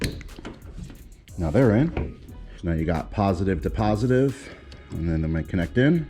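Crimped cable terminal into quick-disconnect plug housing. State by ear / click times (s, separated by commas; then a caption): seated / 0.5 s. A crimped cable terminal for a trolling motor lead is pushed into a plastic quick-disconnect plug housing on the second side and seats with one sharp click at 0.4 s. A fainter knock follows at 1.1 s, then someone talks through the rest of the clip.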